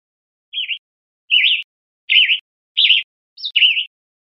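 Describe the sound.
Bird calls: a series of five brief, quavering chirps at a fairly high pitch, evenly spaced, the last one preceded by a quick higher note.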